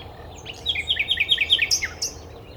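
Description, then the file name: Common nightingale song phrase: a quick series of repeated sharp chirps, followed by two high whistled notes. "Luscinia megarhynchos"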